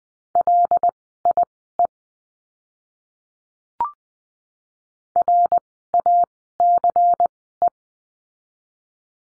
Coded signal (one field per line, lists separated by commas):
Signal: Morse code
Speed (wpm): 20 wpm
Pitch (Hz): 700 Hz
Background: none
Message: LIE RACE